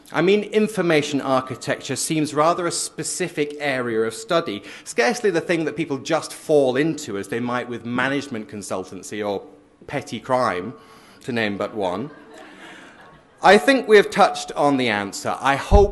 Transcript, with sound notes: I mean information architecture seems rather a specific area of study, scarcely the thing that people just fall into as they might with management consultancy or petty crime, to name but one.
[laughter]
I think we have touched on the answer.